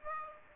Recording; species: mosquito wingbeat signal from an infrared sensor; Aedes aegypti